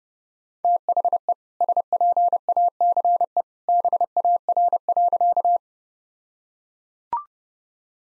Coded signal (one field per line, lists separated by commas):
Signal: Morse code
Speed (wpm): 30 wpm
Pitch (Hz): 700 Hz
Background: none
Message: THE SPACE BAR.